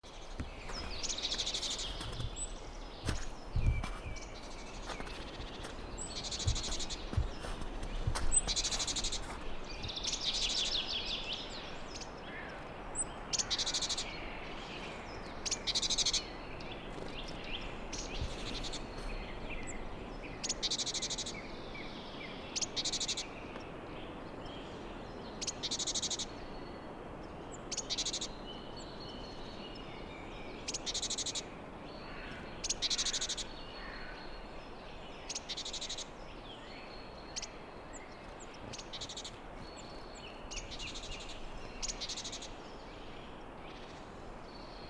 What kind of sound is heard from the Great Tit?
call